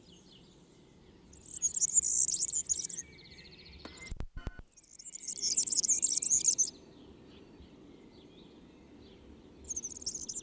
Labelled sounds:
Marsh Warbler (Acrocephalus palustris) song

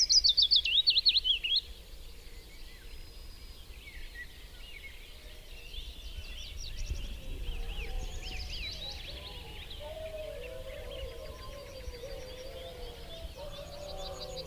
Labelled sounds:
Willow Warbler (Phylloscopus trochilus) song

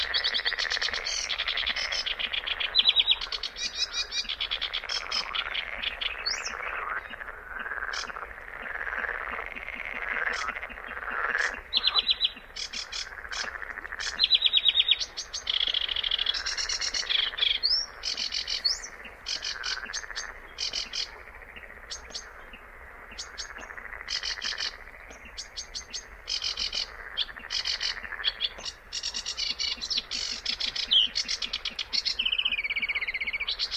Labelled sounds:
Sedge Warbler (Acrocephalus schoenobaenus) song

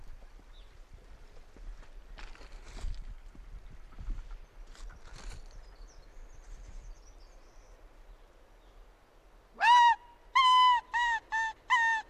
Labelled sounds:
Arctic Fox (Vulpes lagopus) call

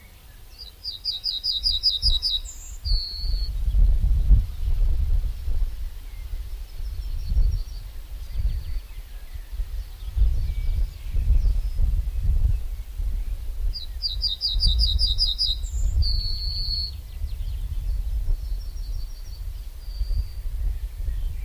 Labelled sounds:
Yellowhammer (Emberiza citrinella) song

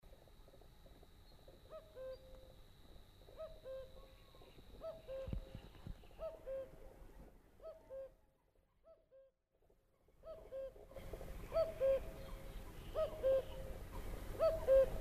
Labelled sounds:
Common Cuckoo (Cuculus canorus)

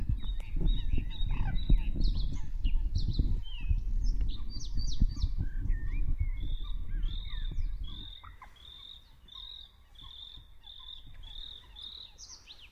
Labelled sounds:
Bluethroat (Luscinia svecica) song

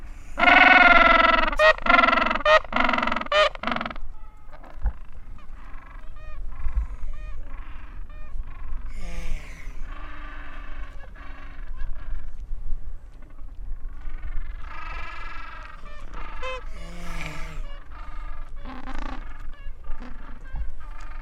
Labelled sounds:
Gentoo Penguin (Pygoscelis papua) call

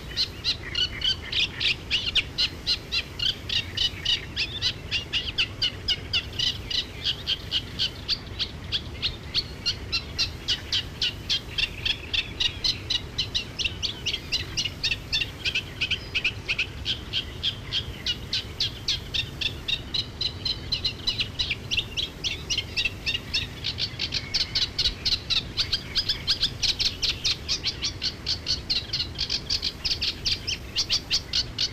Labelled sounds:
Eurasian Reed Warbler (Acrocephalus scirpaceus) song

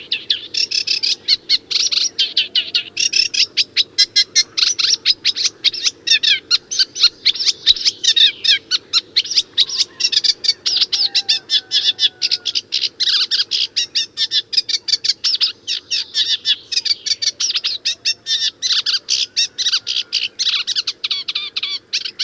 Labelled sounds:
Eurasian Reed Warbler (Acrocephalus scirpaceus) song

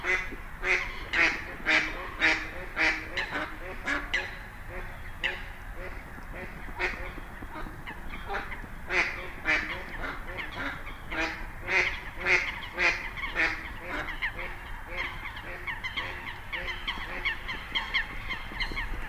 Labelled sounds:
Mallard (Anas platyrhynchos) call

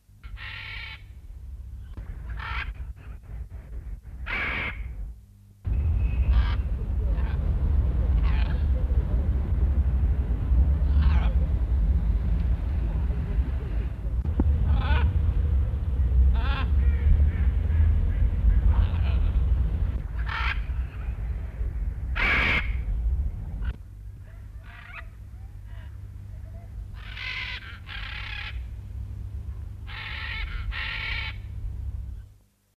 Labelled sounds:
Scarlet Macaw (Ara macao) call

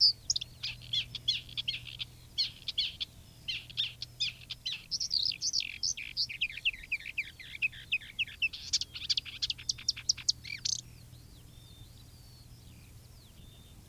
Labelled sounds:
Marsh Warbler (Acrocephalus palustris) song

